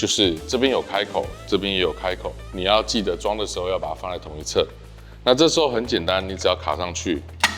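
The hooked extension pole of a speaker stand is being handled with its openings lined up on the same side before it slides into the stand rod, while someone talks over background music. Nothing has seated or clicked into place yet.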